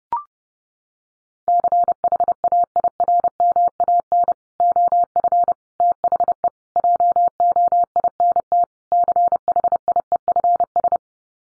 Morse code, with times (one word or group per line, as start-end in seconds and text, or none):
1.5-4.3 CHAIRMAN
4.6-5.5 OF
5.8-6.5 THE
6.8-8.6 JOINT
8.9-11.0 CHIEFS